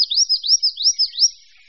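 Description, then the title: Bird song of high looping whistles, each note sweeping up and down, repeated several times over just over a second, then fading. "manuk campur"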